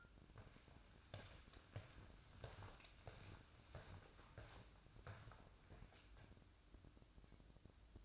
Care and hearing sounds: daily activity, microphone in the room; walk to room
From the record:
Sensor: 2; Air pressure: 1008.0 hPa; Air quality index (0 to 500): 115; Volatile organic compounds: 1 ppm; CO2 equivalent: 856 ppm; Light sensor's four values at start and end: 9/21/9/9 and 8/19/8/8

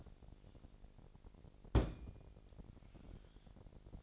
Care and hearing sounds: daily activity, microphone in the room; place on stove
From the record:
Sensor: 5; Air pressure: 1012.2 hPa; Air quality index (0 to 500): 238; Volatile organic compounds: 4 ppm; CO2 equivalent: 1578 ppm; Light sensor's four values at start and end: 48/109/47/50 and 48/109/46/50

